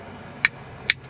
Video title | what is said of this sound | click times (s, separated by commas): LASFIT LED's on Toyota Rav4, Install/Review | you'll feel it and hear it click into place | 0.5 s, 0.9 s